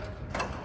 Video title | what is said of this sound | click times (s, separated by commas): $500 Junkyard Falcon gets $5,000 suspension! | It locks into place. And there you go. | 0.3 s